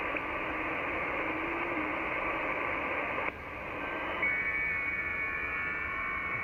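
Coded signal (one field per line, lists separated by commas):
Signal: FT8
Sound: many faint overlapping slowly stepping tones over a band of radio hiss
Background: radio static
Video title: VP6D, Ducie Is. Pacific Ocean, 14MHz, FT8, Worked by HL2WA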